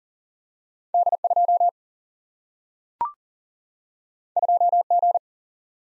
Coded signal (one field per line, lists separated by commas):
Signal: Morse code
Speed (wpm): 41 wpm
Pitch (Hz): 700 Hz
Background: none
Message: D 2 2 G